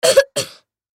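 Two short, sharp cough bursts in quick succession from a six-year-old boy, the first with a double push and the second trailing off, against a silent background.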